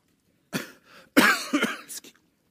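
Adult man with a hacking cough, from congestion in the lungs while sick with the flu.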